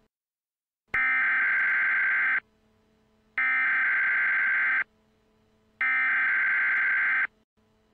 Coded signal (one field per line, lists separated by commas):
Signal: Emergency Alert System (SAME) tones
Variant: header bursts